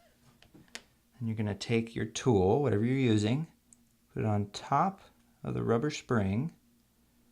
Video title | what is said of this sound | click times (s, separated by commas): F10 key replacement on the 13" Macbook Pro Unibody Core 2 Duo 2.26 Ghz | slowly going to come back until it snaps right off that | 0.8 s